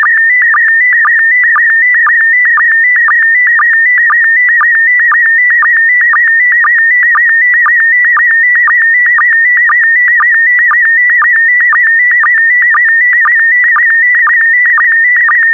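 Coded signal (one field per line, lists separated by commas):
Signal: SSTV (slow-scan television)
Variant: PD120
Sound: continuous warbling whistle near 2 kHz with rhythmic low blips twice a second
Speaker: Five, four, three, two, one. Transmission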